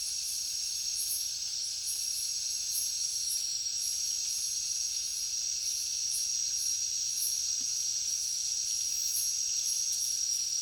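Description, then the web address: Crickets chirping steadily, many insects blending into a continuous high hiss with pulsed bursts throughout. Heavy cricket chorus in a jungle at night. "papadroid sound Nature Jungle Night Heavy Crickets"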